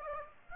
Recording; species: mosquito wingbeat signal from an infrared sensor; Aedes aegypti